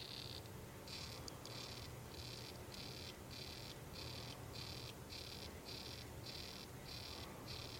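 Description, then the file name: Uakari poison frog calling: a steady series of short, high, buzzy notes over a constant low hum and background noise. "ranitomeya ukarii calling"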